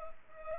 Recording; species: mosquito wingbeat signal from an infrared sensor; Culex pipiens